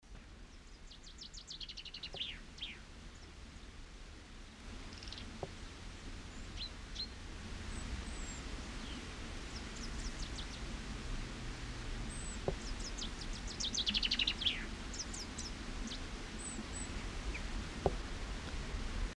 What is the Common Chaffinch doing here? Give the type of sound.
song